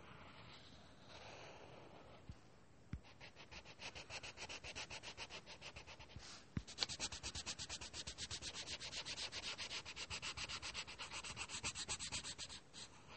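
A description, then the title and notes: Pencil scratches steadily across paper in quick, regular back-and-forth strokes that grow denser after a few seconds, with occasional sharp taps. Doing homework drawing and writing sounds. Lots of writing sounds.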